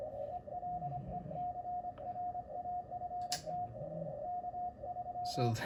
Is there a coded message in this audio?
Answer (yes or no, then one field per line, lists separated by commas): yes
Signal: Morse code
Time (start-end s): 0.3-5.5 s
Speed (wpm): 26 wpm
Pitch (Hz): 720 Hz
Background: speech, radio noise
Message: ELECRAFT K3